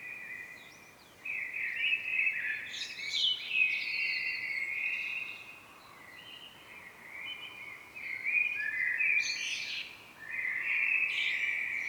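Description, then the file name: Common blackbird in sustained song: long warbled phrases with squeaky high flourishes, broken by short pauses, over a steady faint hiss. "Turdus merula"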